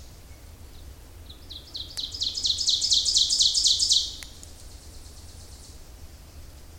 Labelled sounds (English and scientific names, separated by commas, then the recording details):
Ovenbird (Seiurus aurocapilla) song
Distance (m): 15 m
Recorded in boreal forest in Alberta, Canada, on 26 May 2016 at 08:00
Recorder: SongMeter 3, array SBT-3-15
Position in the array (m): 52 m, 221 m
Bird 20